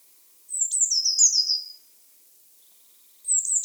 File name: Cyanistes caeruleus